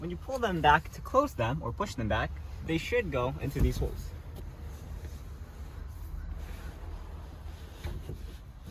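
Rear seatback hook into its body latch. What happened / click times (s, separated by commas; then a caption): Handled, not yet home: seatback latch not yet locked / none. Someone talks while handling the rear seatback of a 2016–2022 10th-generation Honda Civic, explaining that when the folded seatback is pulled or pushed back up, its hooks go into the body latch holes. Speech fills the first four seconds, followed by a low, steady background rumble. Nothing has seated or clicked yet.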